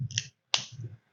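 A hand squeezes DURXO ratchet pruning shears again on a branch about half an inch in diameter, and the ratchet pawl advances and locks onto its next step with a sharp click at 0.5 seconds. That is the second click, and it locks so constant pressure isn't needed. Softer clicks come just before it, and low rustling runs under the clip.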